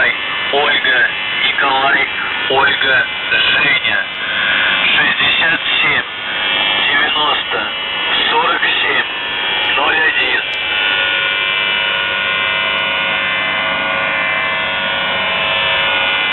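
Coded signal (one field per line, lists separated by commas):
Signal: numbers station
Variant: UVB-76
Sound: a voice reads a message for about ten seconds over a steady drone, then only the drone and hiss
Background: radio static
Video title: The Buzzer/UVB-76(4625Khz) June 1st, 2023 Voice messages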